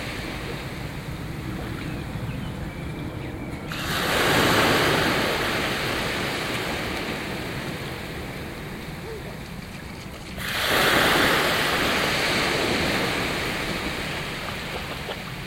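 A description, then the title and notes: Gentle shore break on a beach, with a steady low wash of water throughout. Two waves break and rush in with a bright hiss, one just before four seconds and another around ten seconds, each slowly fading as the water pulls back. In Situ Season 1 episodes are 5 minutes of ambient sound recorded along del Norte, the northern coastal route of the Camino de Santiago network of pilgrimage paths converging in Spain. These tiny meditations are made with binaural microphones, creating an immersive hyper-realistic listening experience. Gentle shore break.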